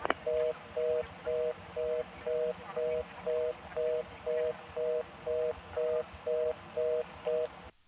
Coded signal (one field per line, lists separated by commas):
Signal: telephone call progress tone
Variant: North America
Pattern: reorder tone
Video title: Tidewater VA Phone Trips pgm 1: The Barely-Recordable Places, August 1976